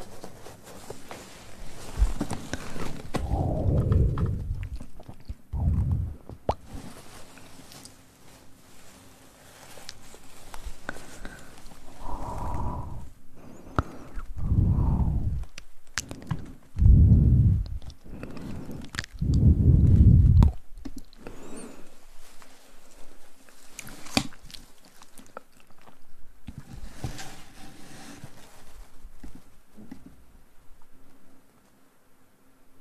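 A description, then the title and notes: Wet mouth sounds come in bursts: clicks, smacks and chewing-like noises cluster in the first few seconds, then return as separate heavy, low thumps around 12, 15, 17 and 20 seconds. Between them are softer crackles and rustles, with a faint steady hum underneath. ASMR Mouth Sounds & Ear Play.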